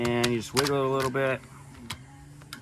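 Someone talks while a grow light bar is wiggled against a mounting clip on a Spider Farmer metal plant stand. Speech fills the first 1.4 seconds, followed by quieter handling with short sharp ticks around 1.9 and 2.5 seconds. The light bar has not yet snapped into the clip, and nothing has seated.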